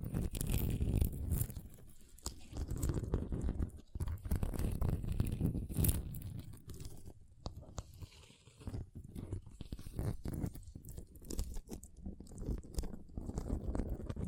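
Ice is tapped, scratched and carved in a dense run of crunchy, gritty strokes with almost no pause. Sharp bright clicks and scrapes cut through a low rumbling grind, louder in the first six seconds and then breaking into shorter, choppier bursts.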